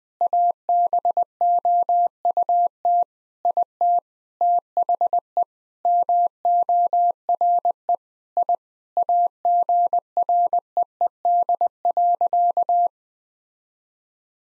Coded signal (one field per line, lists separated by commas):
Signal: Morse code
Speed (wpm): 21 wpm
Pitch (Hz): 700 Hz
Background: none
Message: ABOUT IT THE MORE I AGREED.